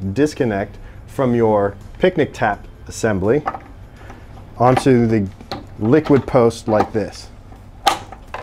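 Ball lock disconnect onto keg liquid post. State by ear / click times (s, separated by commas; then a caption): seated / 7.9 s. A black ball lock disconnect, taken off a picnic tap assembly, is pushed onto the liquid post of a keg while someone talks. A sharp click at 7.9 s marks the disconnect snapping and locking into place on the post.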